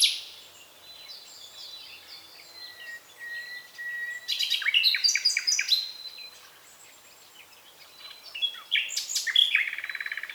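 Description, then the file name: Common nightingale song: soft drawn-out whistles building to a burst of sharp chattering notes, then a pause and another dense burst ending in a rapid trill. "Luscinia megarhynchos"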